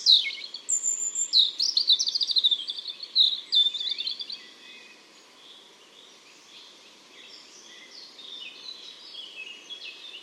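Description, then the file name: European robin song: a bright, varied phrase of sliding whistles and quick trills for about four seconds, followed by quieter, thin warbling. "Erithacus rubecula"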